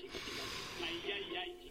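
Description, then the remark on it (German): A long, deep breath drawn in during a doctor's examination, a steady airy hiss that holds for under two seconds with slight rises in strength, with no talking over it. “Atmen Sie mal tief ein.”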